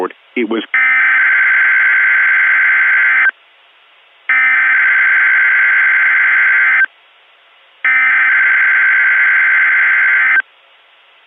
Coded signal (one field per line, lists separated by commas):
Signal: Emergency Alert System (SAME) tones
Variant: header bursts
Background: speech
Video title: The Freezing One (Part 1) - an EAS Scenario